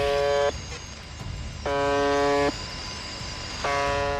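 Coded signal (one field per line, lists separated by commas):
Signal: channel marker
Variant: UVB-76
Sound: harsh low buzz tones repeating, about one second each, with radio hiss between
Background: radio static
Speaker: 자 라디오에서 끊임없이 들려오는 의문의 버전이 소리는 1분의 약 25번씩 24시간 내내 송출됩니다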